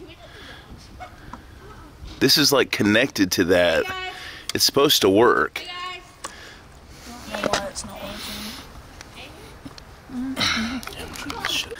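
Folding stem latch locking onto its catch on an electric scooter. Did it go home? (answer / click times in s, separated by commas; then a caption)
no / none. Someone talks while handling the folding stem latch of an electric scooter as the stem is folded down toward its catch, with a few brief handling knocks around 7.4 s and 11.3 s. The latch has not locked onto its catch yet, and nothing has seated or clicked by the end of the clip.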